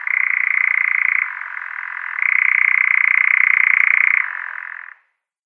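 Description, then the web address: European nightjar giving a continuous mechanical churr, its pitch dropping for a moment, rising again, then dropping before it stops abruptly. Male European nightjar in display. "Schulze Peter Eurasian Nightjar male display"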